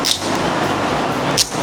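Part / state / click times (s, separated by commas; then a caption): chin strap tongue into helmet micro-lock buckle / seated / 0.1 s. A metal tongue on a helmet chin strap is pushed into its plastic micro-lock buckle. A sharp click is heard at 0.1 s, and the buckle is seated. A second brief bright sound comes near 1.4 s over a steady background hiss.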